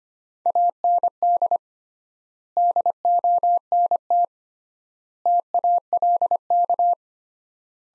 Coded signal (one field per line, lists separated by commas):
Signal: Morse code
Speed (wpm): 25 wpm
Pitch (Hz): 700 Hz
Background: none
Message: AND DONT TALK